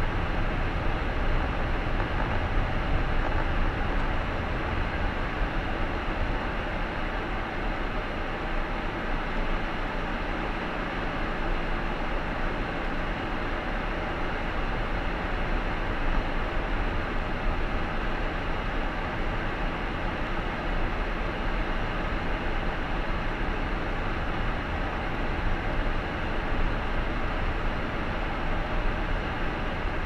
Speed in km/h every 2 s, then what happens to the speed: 22, 22, 17, 12, 9, 9, 11, 13, 14, 13, 12, 14, 16, 16, 15.
2-8 slows to 9. 8-30 steady at about 13.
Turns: 16-23.